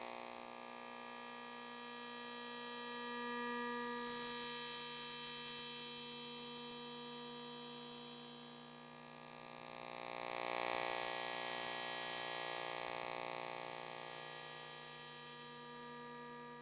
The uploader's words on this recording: The sound was recorded by Jasmin Meerhoff with an Elektrosluch. It is the electro-magnetic radiation of a LED display made audible.